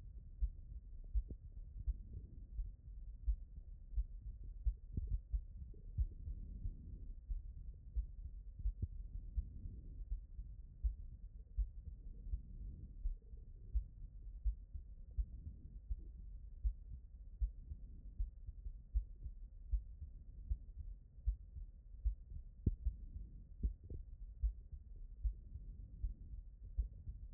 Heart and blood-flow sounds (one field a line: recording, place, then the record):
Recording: heart sounds by stethoscope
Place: tricuspid valve (TV)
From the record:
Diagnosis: non-HFrEF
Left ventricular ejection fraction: 58%